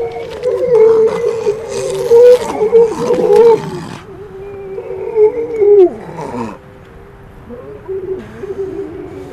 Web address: gray seal